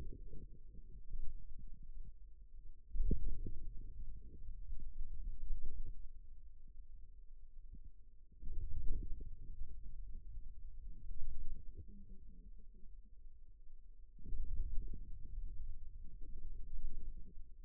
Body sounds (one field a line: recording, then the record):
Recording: forearm muscle sounds (acoustic myography)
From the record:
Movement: wrist extension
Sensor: system 2, bracelet of six BSWA MPA416 microphones around the upper forearm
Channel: 5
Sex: male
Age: 22 years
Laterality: right